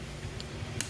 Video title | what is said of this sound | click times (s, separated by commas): FOXBODY MUSTANG DOOR RESTORATION REBUILD AND ASSEMBLY | the rod get a nice little click and | 0.4 s, 0.8 s